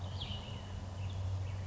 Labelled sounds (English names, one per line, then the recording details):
Cassin's Vireo
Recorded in Sonoma County, California